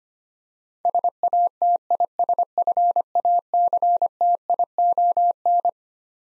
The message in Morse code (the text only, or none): SATISFACTION